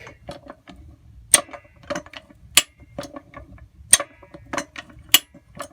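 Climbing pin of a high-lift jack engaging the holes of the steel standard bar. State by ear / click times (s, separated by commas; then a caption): seated / 1.3 s, 2.6 s, 3.9 s, 5.2 s. A vintage high-lift farm jack is cranked up with its metal handle, each stroke letting a spring-loaded steel climbing pin snap into the next hole of the steel bar while the load rests on the other pin. Sharp metallic clicks ring out at 1.3, 2.6, 3.9 and 5.2 seconds, with softer mechanical rattles between them. Each click marks the pin seating in the next hole.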